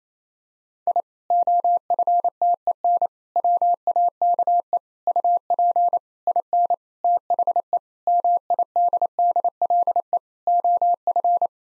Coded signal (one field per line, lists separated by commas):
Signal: Morse code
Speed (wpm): 28 wpm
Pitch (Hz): 700 Hz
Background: none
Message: I OFTEN WAKE UP IN THE MIDDLE OF